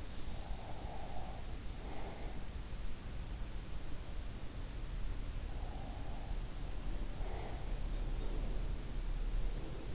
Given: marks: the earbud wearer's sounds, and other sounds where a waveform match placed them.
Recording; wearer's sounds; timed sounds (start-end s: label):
sounds in sleep by an in-ear microphone; breath
0.00-2.64 s: breath
4.72-8.08 s: breath